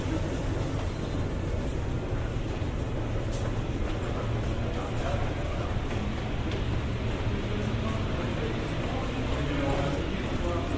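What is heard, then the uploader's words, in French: A Paris metro ride: a steady, dense rumble of the train fills the whole stretch, heaviest in the low end with a constant grinding roar. Faint voices murmur underneath, and a few brief brighter clicks and squeals from the wheels come through around the middle. Métro parisien.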